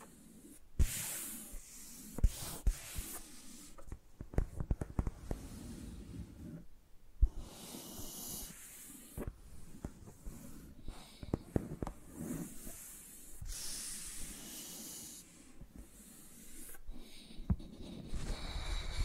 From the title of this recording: ASMR Using Mics as Pencils (No Talking)